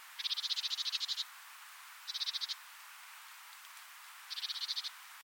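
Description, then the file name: Great tit churring call: three bursts of rapid, buzzy pulsed notes, the first about a second long and the later two shorter, with quiet gaps between. "Parus major"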